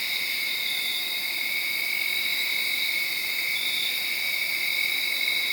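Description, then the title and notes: Crickets trilling continuously in overlapping high bands, an even, unchanging insect drone throughout. Crickets late Saturday night into Sunday morning, around midnight, under a tree in Sharon, Pennsylvania. "Crickets (field recording). late on Saturday night/Sunday morning. The location was in Sharon, Pennsylvania, under a tree"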